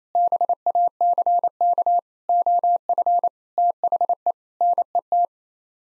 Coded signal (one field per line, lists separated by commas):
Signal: Morse code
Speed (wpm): 28 wpm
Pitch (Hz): 700 Hz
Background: none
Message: BACK OF THE NET